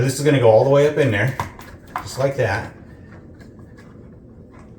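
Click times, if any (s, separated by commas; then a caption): none. A 2-inch faux wood window blind headrail is raised and positioned up into its mounting bracket while someone talks for about the first 2.7 seconds, followed by quiet low background noise. The headrail is only lined up in the bracket; nothing has seated or clicked yet.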